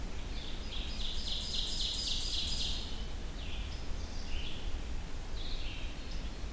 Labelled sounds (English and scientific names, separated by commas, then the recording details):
Ovenbird (Seiurus aurocapilla) song
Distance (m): 45 m
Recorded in boreal forest in Alberta, Canada, on 25 June 2016 at 06:14
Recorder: SongMeter 3, array SBT-6-76
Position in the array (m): 28 m, 115 m
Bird 2